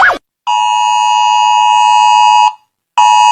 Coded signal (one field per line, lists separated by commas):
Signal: Emergency Alert System (SAME) tones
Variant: 853 and 960 Hz attention tone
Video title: Rating eas alarms part 1